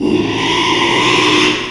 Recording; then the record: squeal of a Yucatan mini pig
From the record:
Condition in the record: after surgery on the right vocal fold (resection and tissue-engineered implant); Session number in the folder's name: 1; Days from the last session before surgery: 6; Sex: male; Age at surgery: 12 weeks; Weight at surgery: 13 kg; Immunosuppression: cyclosporine, prednisolone